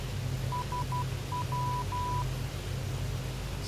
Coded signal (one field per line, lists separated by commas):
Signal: Morse code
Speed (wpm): 12 wpm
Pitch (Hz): 990 Hz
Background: none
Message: SW